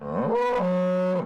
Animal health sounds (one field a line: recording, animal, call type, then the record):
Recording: contact call of a hoofed animal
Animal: cattle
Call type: low-frequency (closed-mouth) or high-frequency (open-mouth) call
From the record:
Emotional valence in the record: negative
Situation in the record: full separation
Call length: 1.25 s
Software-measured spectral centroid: 1200 Hz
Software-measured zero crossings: 1040 a second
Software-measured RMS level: -24 dBFS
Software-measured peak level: -13 dBFS